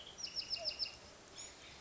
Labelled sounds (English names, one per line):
Bewick's Wren